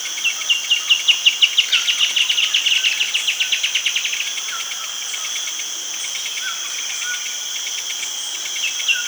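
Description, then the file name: Bird delivering a quick run of chirping notes for four seconds, then quieter scattered notes, with a continuous high-pitched insect drone throughout. "SABIOD 50 bird 2015"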